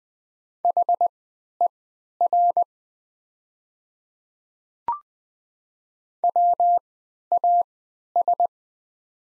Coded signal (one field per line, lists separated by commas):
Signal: Morse code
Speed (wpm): 20 wpm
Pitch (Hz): 700 Hz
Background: none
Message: HER WAS